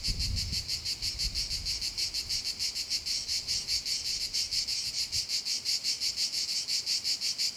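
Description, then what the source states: Cicada song, a shrill buzzing throb with steady rapid pulses, joined by a brief low rumble near the start. Cicadas at Castelvecchio di Rocca, Liguria, Italy.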